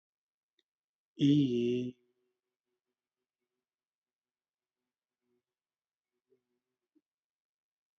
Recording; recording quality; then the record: sustained vowel as in beet; excellent, no background noise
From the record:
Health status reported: respiratory illness, not identified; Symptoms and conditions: asthma, hypertension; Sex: male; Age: 50 years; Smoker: not ticked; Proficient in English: yes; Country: India